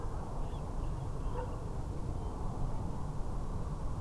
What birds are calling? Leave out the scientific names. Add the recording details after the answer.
Water Rail. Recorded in France